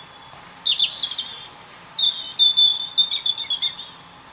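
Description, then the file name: European robin song, a continuous high, sweet warble of thin whistles and quick trills. "Erithacus rubecula"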